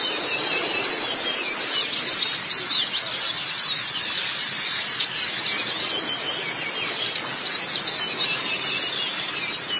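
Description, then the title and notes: White-eye song as a continuous high, thin twitter of rapid overlapping chirps, steady in loudness, with no other clear sounds. "Kicauan Burung Pleci Durasi Panjang. Suara kicauan burung pleci"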